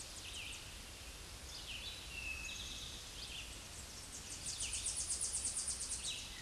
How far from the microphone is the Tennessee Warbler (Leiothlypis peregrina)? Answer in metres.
about 25 m